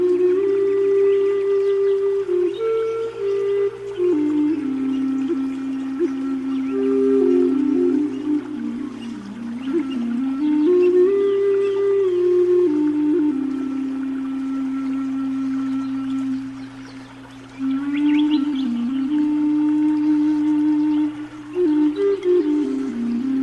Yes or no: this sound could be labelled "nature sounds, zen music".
yes